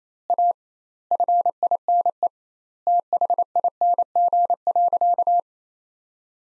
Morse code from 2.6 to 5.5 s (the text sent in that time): THING.